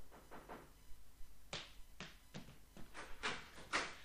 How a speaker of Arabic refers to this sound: لكنه بينما كان مشغولا بالمطالعة جاءه من يدق بابه.